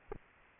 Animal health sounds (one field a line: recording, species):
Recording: mosquito wingbeat signal from an infrared sensor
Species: Aedes aegypti